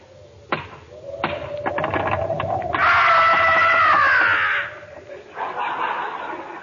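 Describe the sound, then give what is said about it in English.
A single sharp rap on a door, then a quick series of knocks, followed by a loud, high, wavering screech and a rougher sustained noise, with no voices. “Knock on the door, Rochester.”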